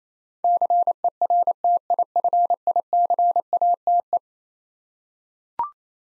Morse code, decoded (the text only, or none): CERTIFICATE